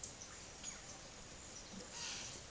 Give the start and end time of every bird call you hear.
[0.00, 1.22] bird call
[1.92, 2.31] bird call

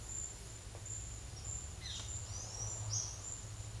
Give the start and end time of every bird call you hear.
[1.75, 3.19] bird call

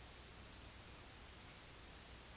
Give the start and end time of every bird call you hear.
[0.00, 2.37] bird call

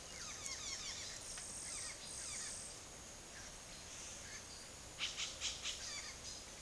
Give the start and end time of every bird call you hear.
[0.11, 2.76] bird call
[3.30, 4.53] bird call
[4.84, 6.41] bird call

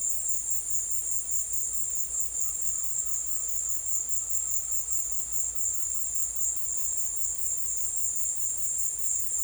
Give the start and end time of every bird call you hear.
[1.91, 6.28] bird call

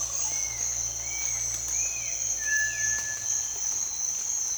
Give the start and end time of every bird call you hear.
[0.00, 3.33] bird call

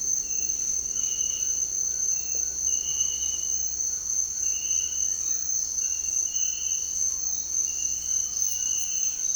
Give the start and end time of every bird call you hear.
[0.76, 7.41] bird call

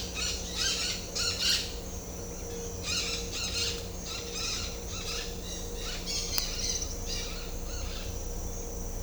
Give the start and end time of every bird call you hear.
[0.00, 1.60] bird call
[2.83, 3.70] bird call
[4.01, 8.04] bird call

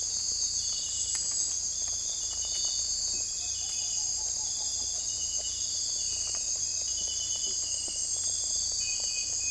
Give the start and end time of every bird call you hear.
[3.37, 4.99] bird call

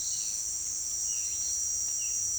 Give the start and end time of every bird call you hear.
[0.00, 2.39] bird call

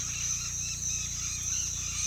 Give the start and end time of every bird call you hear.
[0.00, 2.06] bird call

